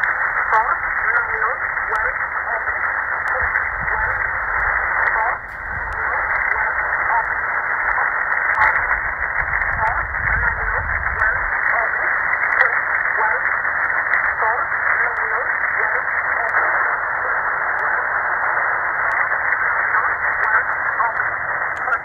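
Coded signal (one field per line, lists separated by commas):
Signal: numbers station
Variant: E11 Oblique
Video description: 4505 kHz USB - E11 "Oblique" Numbers Station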